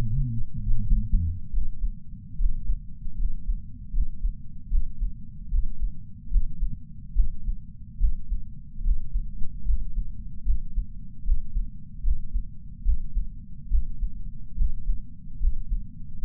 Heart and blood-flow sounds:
heart sounds by patch sensor on the chest; 73 bpm
0.64 s: heartbeat
1.51 s: heartbeat
2.37 s: heartbeat
3.16 s: heartbeat
3.91 s: heartbeat
4.69 s: heartbeat
5.49 s: heartbeat
6.29 s: heartbeat
7.14 s: heartbeat
7.98 s: heartbeat
8.82 s: heartbeat
9.64 s: heartbeat
10.44 s: heartbeat
11.23 s: heartbeat
12.02 s: heartbeat
12.83 s: heartbeat
13.69 s: heartbeat
14.55 s: heartbeat
15.38 s: heartbeat
16.20 s: heartbeat
From the record:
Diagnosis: coronary artery disease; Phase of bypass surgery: preoperative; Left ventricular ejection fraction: 62.4%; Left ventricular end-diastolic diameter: 53 mm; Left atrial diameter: 33 mm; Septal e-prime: 9.2 cm/s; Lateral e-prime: 11.3 cm/s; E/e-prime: 6.9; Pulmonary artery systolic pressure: 26 mmHg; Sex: male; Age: 35 years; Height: 178 cm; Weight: 58 kg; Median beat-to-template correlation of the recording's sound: 0.86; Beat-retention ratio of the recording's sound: 0.99

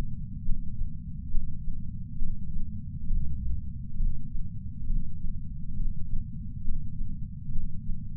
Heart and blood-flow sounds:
heart sounds by patch sensor on the chest; 68 bpm
0.46 s: heartbeat
1.31 s: heartbeat
2.19 s: heartbeat
3.07 s: heartbeat
3.97 s: heartbeat
4.88 s: heartbeat
5.77 s: heartbeat
6.65 s: heartbeat
7.52 s: heartbeat
From the record:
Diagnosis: coronary artery disease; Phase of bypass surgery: preoperative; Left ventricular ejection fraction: 50.2%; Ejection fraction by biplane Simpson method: 54%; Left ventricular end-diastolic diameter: 54 mm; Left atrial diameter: 42 mm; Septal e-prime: 4.1 cm/s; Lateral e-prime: 7.1 cm/s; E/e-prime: 7.2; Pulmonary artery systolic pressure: 19 mmHg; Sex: male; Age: 60 years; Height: 170 cm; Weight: 103 kg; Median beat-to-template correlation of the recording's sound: 0.82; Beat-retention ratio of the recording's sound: 0.99

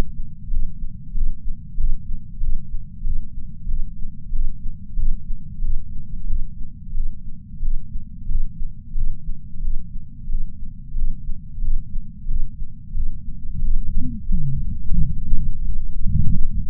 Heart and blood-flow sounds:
heart sounds by patch sensor on the chest; 91 bpm
0.52 s: heartbeat
1.15 s: heartbeat
1.79 s: heartbeat
2.42 s: heartbeat
3.05 s: heartbeat
3.69 s: heartbeat
4.33 s: heartbeat
4.97 s: heartbeat
5.62 s: heartbeat
6.28 s: heartbeat
6.95 s: heartbeat
7.63 s: heartbeat
8.29 s: heartbeat
8.96 s: heartbeat
9.63 s: heartbeat
10.30 s: heartbeat
10.96 s: heartbeat
11.62 s: heartbeat
12.29 s: heartbeat
12.95 s: heartbeat
13.62 s: heartbeat
14.29 s: heartbeat
14.96 s: heartbeat
15.65 s: heartbeat
16.33 s: heartbeat
From the record:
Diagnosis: coronary artery disease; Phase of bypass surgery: preoperative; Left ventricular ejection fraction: 64.4%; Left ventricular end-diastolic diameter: 43 mm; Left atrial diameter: 35 mm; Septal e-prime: 6.9 cm/s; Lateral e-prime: 11.4 cm/s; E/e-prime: 9.7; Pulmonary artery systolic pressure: 22 mmHg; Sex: female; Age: 58 years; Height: 155 cm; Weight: 55 kg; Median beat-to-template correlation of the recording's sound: 0.95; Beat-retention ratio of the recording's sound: 0.99

